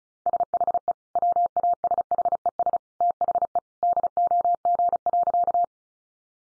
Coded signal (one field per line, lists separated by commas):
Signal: Morse code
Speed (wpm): 34 wpm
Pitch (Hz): 700 Hz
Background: none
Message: SHE WASHES THE DOG.